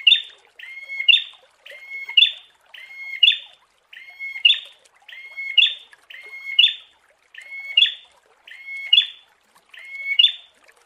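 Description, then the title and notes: Prinia song: a bright two-part phrase, a short flat whistle then a sharp chirpy flourish, repeated steadily about once a second. Prenjak song used as a masteran (bird-training) and therapy recording. "Masteran Terapi Prenjak. Burung Prenjak"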